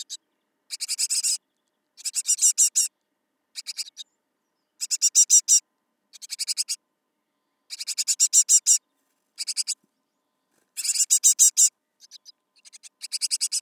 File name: Great Tit